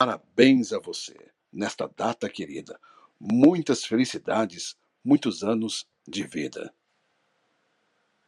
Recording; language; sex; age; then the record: short text; Brazilian Portuguese; male; 40 to 49 years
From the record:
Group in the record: control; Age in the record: 49 years